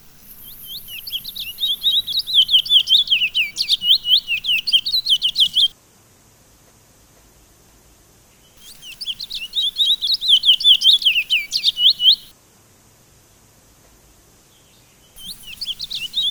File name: suara burung towa towa. omkicau